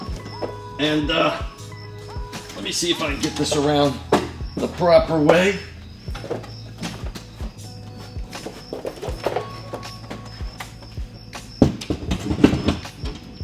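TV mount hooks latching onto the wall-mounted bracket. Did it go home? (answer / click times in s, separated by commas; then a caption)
no / none. Someone talks while lifting a light TV by its mount arms and working the hooks into position on the wall-mounted bracket. Handling knocks and thunks come at about 10.6, 11.6, 11.8, 12.4 and 12.7 seconds. Nothing has seated or clicked yet, and the safety latch has not engaged.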